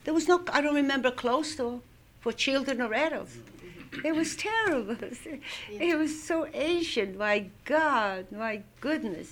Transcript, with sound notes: There was no, I don't remember a clothes store, for children or adults. It was terrible. ( she laughs ) It was so ancient, my God, my goodness.